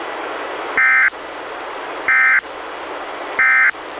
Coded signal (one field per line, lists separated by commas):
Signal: Emergency Alert System (SAME) tones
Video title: EAS #101: NWR Required Weekly Test- Feb. 24, 2016- 11:01AM PST